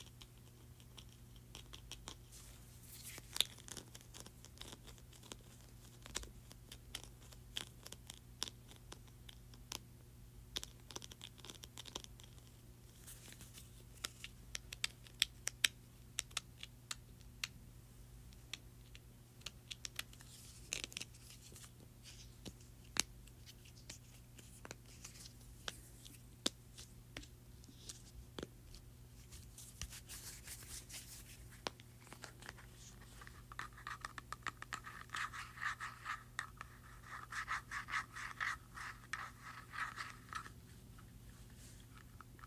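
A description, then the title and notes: A mini hand sanitizer is handled, with frequent small clicks and taps scattered throughout and short bursts of rubbing or squirting hiss, heaviest around 10–17 and 29–32 seconds. A steady low hum runs underneath, and a faint whine appears near the end. ASMR Mini Hand Sanitizer.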